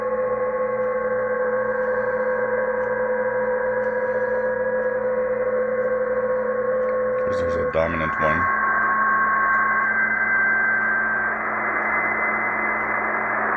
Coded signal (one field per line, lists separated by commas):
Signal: PSK31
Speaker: because there's a dominant one it's much easier to manage